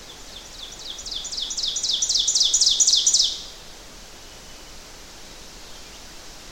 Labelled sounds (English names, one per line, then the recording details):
Ovenbird song
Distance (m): 25 m
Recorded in boreal forest in Alberta, Canada, on 12 June 2016 at 06:52
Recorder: SongMeter 3, array SBT-3-18
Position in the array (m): 257 m, 102 m
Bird 31